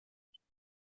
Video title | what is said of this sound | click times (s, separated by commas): Brother LB7000 | So you heard that click. | 0.3 s